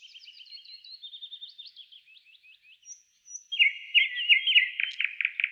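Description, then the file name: Nightingale song starting with soft quick chirps, a brief pause, then loud rapid repeated notes in a fast rattling trill. "Solovey-1 Trel"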